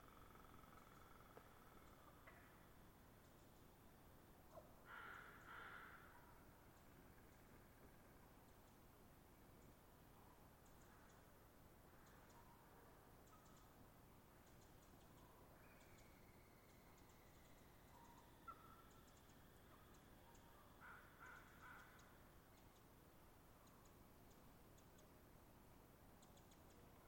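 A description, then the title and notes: Ravens and crows call from their roost, with short bursts of cawing around five seconds and again near twenty-one seconds, plus a few scattered single calls between. A low, steady rumble fills the background throughout, with faint ticking sounds here and there. The site is a permanent roost for a mob of ravens. On a daily basis, though, their home is utilized by a murder of crows as a staging area for their final roost. After a long day of foraging, the crow gang descends to overrun the area before moving along. They sound agitated.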